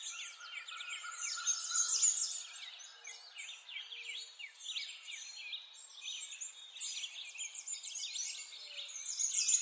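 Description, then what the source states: Birds twittering constantly, many high chirps and sweeping notes layered together, and a faint steady tone at the start. Forest ambience.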